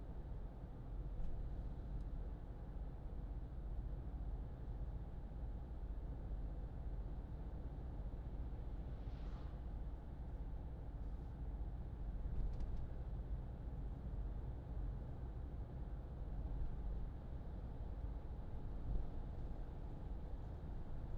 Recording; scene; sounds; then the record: everyday scene through a hearing-aid microphone; in a vehicle; engine, traffic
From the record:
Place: Berlingo II, diesel engine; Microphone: in the ear canal, left